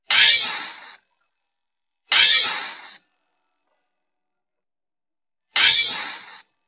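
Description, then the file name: Giant flying squirrel giving harsh, hissing screeches, three calls of about a second each, separated by silence, the second two seconds after the first. Calling to gather its group. "tieng soc bay trau soc bay lon keu goi bay dan"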